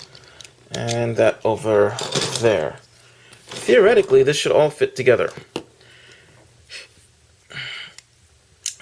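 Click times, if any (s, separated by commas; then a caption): 8.7 s. Someone talks while fitting a plastic X-Transbot XP-1 Destroyer upgrade-kit piece onto a transforming Devastator robot toy, with light plastic handling taps along the way. A sharp click sounds at 8.7 s, but the part only partly seats and is not all the way in, because one piece is causing the problem.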